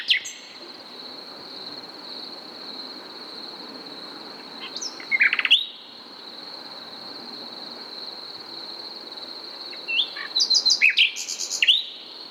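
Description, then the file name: Common nightingale giving two short bursts of sharp notes separated by long quiet, the later burst a quick stuttering series, over a steady high-pitched hum. "Luscinia megarhynchos"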